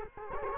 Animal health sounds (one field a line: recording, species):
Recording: mosquito wingbeat signal from an infrared sensor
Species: Culex quinquefasciatus